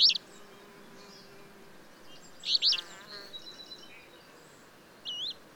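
Bird song: two sharp high chirped bursts followed by softer buzzy notes and a short whistled phrase, over steady hiss.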